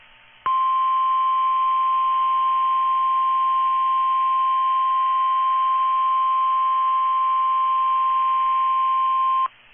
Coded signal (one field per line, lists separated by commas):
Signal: Emergency Alert System (SAME) tones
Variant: 1050 Hz attention tone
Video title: [VALID TONES] EAS Tornado Warning for Florida! (01/09/24) | irieomgfunny